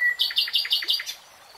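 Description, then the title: Nightingale song: a thin steady whistle, then several quick repeated high chirping notes in a rhythmic burst, then quiet. "[Tiếng chim hót] REALTIME Nightingale Singing"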